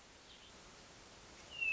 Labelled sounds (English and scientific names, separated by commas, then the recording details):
Hermit Thrush (Catharus guttatus)
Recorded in Sonoma County, California